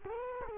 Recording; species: mosquito wingbeat signal from an infrared sensor; Culex quinquefasciatus